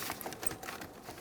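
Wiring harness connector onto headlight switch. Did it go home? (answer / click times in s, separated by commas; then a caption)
no / none. A wiring harness connector is handled at the back of a new headlight switch on a 1988-1999 GMC K1500, with a few short, faint ticks and taps around 0.2, 0.3, 0.5 and 0.8 seconds over low background noise. The connector has not yet clicked into place; nothing has seated.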